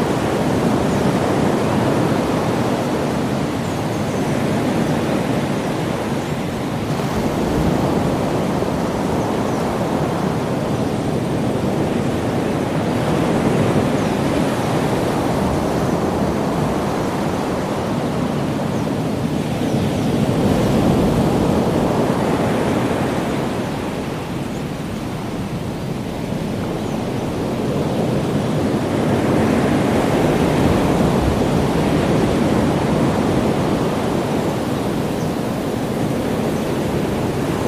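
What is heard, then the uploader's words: Ocean surf rolls in a dense, steady wash with gentle swells every few seconds, rising and falling without pause, mostly low and full. Ocean Sounds In Hawaii | White Noise.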